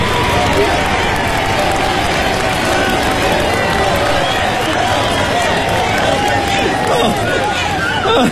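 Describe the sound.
A large crowd applauds and cheers at the finish of a marathon as runners complete it, in a dense, steady wash of clapping that stays loud for the whole stretch, with indistinct voices and shouts mixed into the noise.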